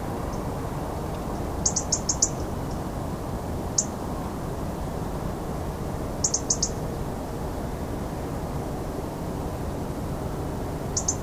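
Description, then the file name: European robin ticking, with short high clicks in bursts of three or four and a few single ticks spread through, against constant low-pitched background rumble. "Erithacus rubecula"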